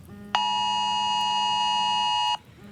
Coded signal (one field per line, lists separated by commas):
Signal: Emergency Alert System (SAME) tones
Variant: 853 and 960 Hz attention tone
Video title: All territories of China Eas Alarm